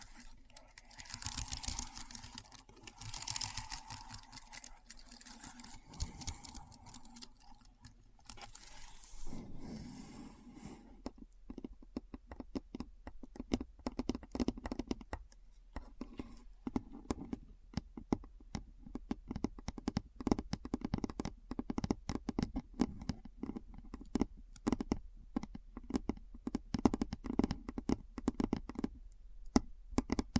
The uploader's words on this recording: ASMR Keyboard Sounds (No Talking).